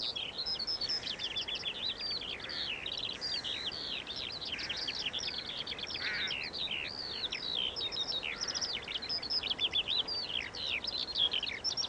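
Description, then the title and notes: Eurasian skylark song, an unbroken stream of high, rapid chirping and trilling notes throughout, with faint lower calls beneath. Singing while descending, late summer evening, Eggardon Hill hillfort, Dorset. "Eggardon Hill, Dorset. A Skylark sings and descends. Recorded by Ezra Gray"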